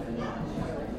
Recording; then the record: background sound without coughing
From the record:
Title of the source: 60 minutes of coffee shop sounds for study and concentration